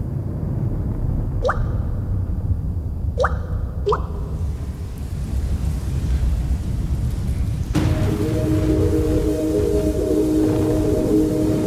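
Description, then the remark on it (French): A low, continuous rumble of thunder, sampled at the opening of a hip-hop song, with three sharp dripping plops early on, then a sustained synth chord swells in over the storm noise partway through. “on va entendre la chanson … qui ouvre l'album du même nom. avec un beau sample de Tonnerre”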